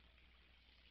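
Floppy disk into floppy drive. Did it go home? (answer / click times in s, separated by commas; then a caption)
no / none. A floppy disk that looks inserted but is not fully home is handled at the floppy drive, with a steady broadband hiss and low rumble throughout and no distinct sharp transient. Nothing has seated or clicked into place yet.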